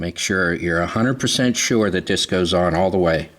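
A front fuel line quick-connect fitting on a Volvo S60, V70 or XC90 is handled at the fuel filter nipple while someone talks throughout the clip. The connector has not yet been pushed home, and nothing has seated or clicked yet.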